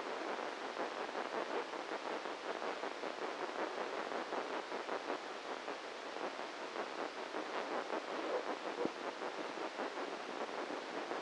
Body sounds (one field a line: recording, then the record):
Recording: brain microelectrode recording played as sound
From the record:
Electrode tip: inside the subthalamic nucleus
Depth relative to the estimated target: -2 mm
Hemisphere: right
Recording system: NeuroSet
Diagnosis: Parkinson's disease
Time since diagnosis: 7 years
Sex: male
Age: 44 years